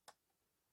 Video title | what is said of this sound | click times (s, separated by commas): 15년차 현직 컴퓨터실장이 알려드립니다!! ,컴퓨터 화면안나옴, 모니터 화면안나옴, 화면 안나옴, 컴퓨터 화면 안나올때, 모니터 화면 안나올때, 컴퓨터 화면무증상이면 꼭 보세요!! | 이렇게 딸깍 하고 소리가 나요 이런식으로 | 0.1 s